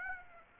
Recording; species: mosquito wingbeat signal from an infrared sensor; Aedes aegypti